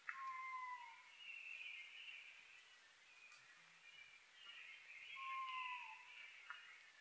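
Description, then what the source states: Oriental scops owl: two clear descending whistled notes from an Oriental scops owl, several seconds apart, over a constant shrill background chorus. Recorded 21 May 2011 at 19:12; Japanese name konohazuku.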